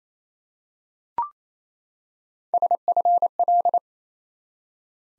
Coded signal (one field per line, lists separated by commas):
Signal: Morse code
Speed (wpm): 28 wpm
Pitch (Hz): 700 Hz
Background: none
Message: SFL